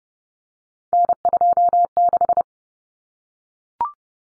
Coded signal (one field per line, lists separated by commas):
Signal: Morse code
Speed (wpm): 30 wpm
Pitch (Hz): 700 Hz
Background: none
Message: N26